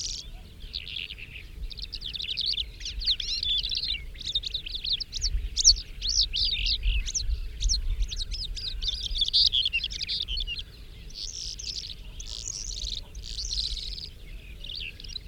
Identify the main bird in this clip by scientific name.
Melanocorypha calandra